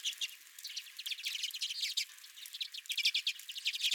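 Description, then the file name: Redpolls twittering, many quick high chips and buzzy notes overlapping in a busy, continuous chorus. Several redpolls at the recordist's feeder. "Redpolls at My Feeder"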